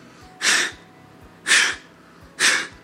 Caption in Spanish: Cada vez que hay un latido. Es un soplo. ¿Será un soplo congénito, que así nació de fábrica? ¿O será que la bacteria eso le ha destrozado la válvula.